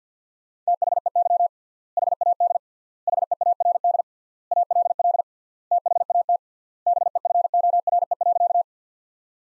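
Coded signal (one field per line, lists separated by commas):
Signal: Morse code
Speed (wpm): 50 wpm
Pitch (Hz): 700 Hz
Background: none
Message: THEY HAD HEARD ALL THAT BEFORE.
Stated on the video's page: Morse practice sentences from the top 400 words at 50 wpm, with 3x standard word spacing, an approach analogous to Farnsworth using words instead of characters.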